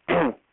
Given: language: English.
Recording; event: throat vibration sensor signal played as sound; throat clearing